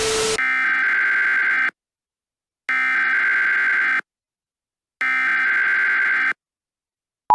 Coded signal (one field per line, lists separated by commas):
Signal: Emergency Alert System (SAME) tones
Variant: header bursts